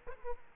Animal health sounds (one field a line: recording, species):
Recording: mosquito wingbeat signal from an infrared sensor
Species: Aedes aegypti